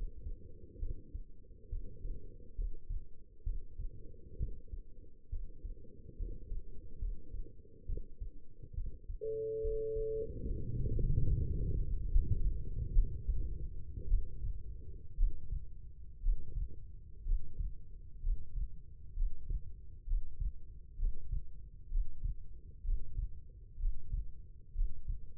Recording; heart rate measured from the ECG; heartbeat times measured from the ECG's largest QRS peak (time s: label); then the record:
heart sounds by stethoscope; 65 bpm
0.79 s: heartbeat
1.69 s: heartbeat
2.55 s: heartbeat
3.44 s: heartbeat
4.37 s: heartbeat
5.29 s: heartbeat
6.16 s: heartbeat
6.99 s: heartbeat
7.86 s: heartbeat
8.74 s: heartbeat
9.61 s: heartbeat
10.45 s: heartbeat
10.98 s: heartbeat
12.11 s: heartbeat
12.93 s: heartbeat
14.08 s: heartbeat
15.16 s: heartbeat
16.21 s: heartbeat
17.24 s: heartbeat
18.22 s: heartbeat
19.15 s: heartbeat
20.06 s: heartbeat
20.97 s: heartbeat
21.90 s: heartbeat
22.83 s: heartbeat
23.78 s: heartbeat
24.73 s: heartbeat
From the record:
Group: healthy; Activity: rest 0-9 s, Valsalva maneuver 9-25 s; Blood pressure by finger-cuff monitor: 149/91 mmHg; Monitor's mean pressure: 107 mmHg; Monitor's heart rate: 65 bpm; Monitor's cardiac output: 5.8 L/min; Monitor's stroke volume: 86 mL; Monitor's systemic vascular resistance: 1410 dyn s/cm5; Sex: female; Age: 22 years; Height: 171 cm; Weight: 65.6 kg